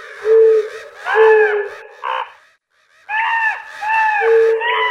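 Crow cawing, a run of harsh, nasal caws in uneven bursts, about six calls over five seconds with a brief pause midway.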